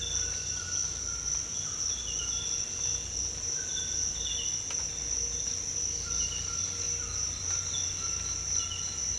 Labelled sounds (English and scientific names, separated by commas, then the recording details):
White-throated Toucan (Ramphastos tucanus)
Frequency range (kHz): White-throated Toucan (Ramphastos tucanus) 0.8-2.4 kHz
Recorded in dense forest near Puerto Asís, Putumayo, Colombia, on 22 December 2024 at 06:00
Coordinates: 0.486, -76.317
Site G003